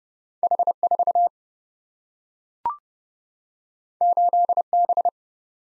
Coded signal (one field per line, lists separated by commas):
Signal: Morse code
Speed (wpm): 30 wpm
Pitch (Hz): 700 Hz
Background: none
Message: H4 8B